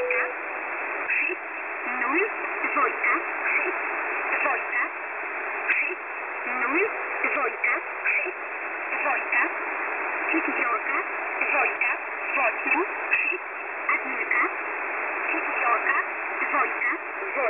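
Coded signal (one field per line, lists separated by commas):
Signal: HF data modem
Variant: S11a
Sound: steady wideband hissing data signal with sharp band edges, occasional faint chirping whistles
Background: radio static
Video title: S11a Message 19/02/2023 0830z 5371kHz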